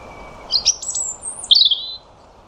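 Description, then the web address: European robin song phrase: a faint thin whistle, then high scratchy twittering and a bright descending flourish. "Deverinetal 2025 File origin Bird Only Er Ru"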